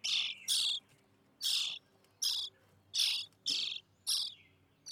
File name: European Starling